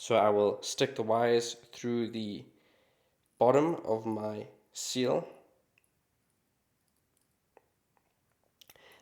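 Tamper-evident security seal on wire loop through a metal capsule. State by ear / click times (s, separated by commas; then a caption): not seated / none. A tamper-evident plastic security seal is threaded onto the wire loop that runs through a metal capsule: the wires are pushed through the bottom of the seal and it is positioned with room left on the other side, before it is squeezed shut. Someone talks during the first half. Then there are faint handling clicks at about 5.8, 7.6 and 8.6–8.8 seconds, but the seal has not been locked or clicked shut yet.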